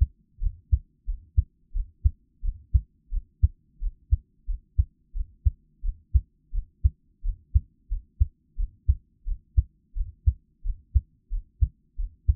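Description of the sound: Steady, low, muffled thumps in paired lub-dub beats at about 87 beats a minute, with an even rhythm throughout. These are an adult's own heartbeat recorded up close as Taiwanese ASMR, with no talking and only a faint low hum behind them.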